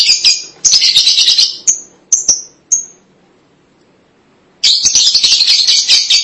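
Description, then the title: Lovebird chatter, harsh high twittering bursts at the start and end with a few sharp single chirps and a quiet pause between. "BM Suara Burung Lovebird"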